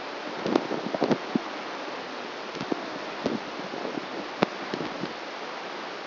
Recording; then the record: brain microelectrode recording played as sound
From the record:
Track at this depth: outside the subthalamic nucleus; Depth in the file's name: -0.71 mm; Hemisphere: right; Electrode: 2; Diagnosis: Parkinson's disease